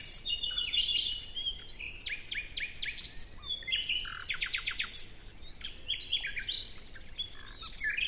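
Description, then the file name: Common nightingale song of fast repeated chips and rattling note bursts, alternating with varied whistles, against a soft background hiss. "Luscinia megarhynchos"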